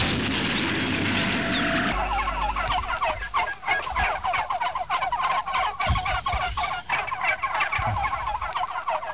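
A flock of turkeys gobbles loudly and continuously, their rapid, warbling calls overlapping in a dense chorus, with a brief high whistling sound at the very start.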